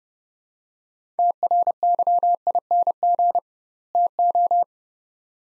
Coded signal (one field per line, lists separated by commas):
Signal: Morse code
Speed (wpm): 30 wpm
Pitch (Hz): 700 Hz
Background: none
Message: TRYING TO